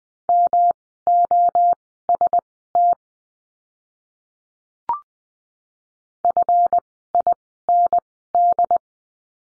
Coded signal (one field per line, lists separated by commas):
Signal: Morse code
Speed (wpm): 20 wpm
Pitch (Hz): 700 Hz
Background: none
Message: MOST FIND